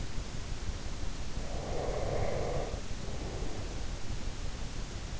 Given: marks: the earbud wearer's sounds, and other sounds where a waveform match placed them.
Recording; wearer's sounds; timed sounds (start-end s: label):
sounds in sleep by an in-ear microphone; breath
1.27-3.99 s: breath